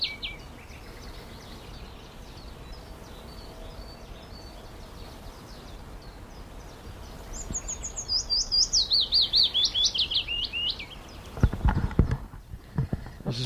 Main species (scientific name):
Phylloscopus trochilus